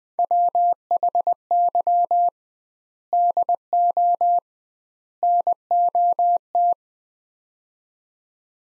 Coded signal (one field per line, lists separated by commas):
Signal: Morse code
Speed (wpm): 20 wpm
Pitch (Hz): 700 Hz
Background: none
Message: WHY DO NOT